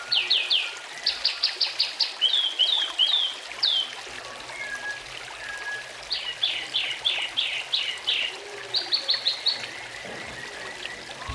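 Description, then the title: Oriental magpie-robin singing bursts of fast repeated sweet notes, grouped in rattling series separated by short pauses, over a soft watery hiss. "Kicau Kacer"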